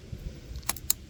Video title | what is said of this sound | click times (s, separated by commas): Oxilam LED Fog Light Install 2013 Nissan Altima | push it together until it clicks that way you know it's in there nice and good | 0.9 s